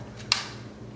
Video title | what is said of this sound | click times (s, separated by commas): MobileFun co uk iPhone 6 Plus ArmourDillo Phone Case Review | it pops into place check that up okay | 0.3 s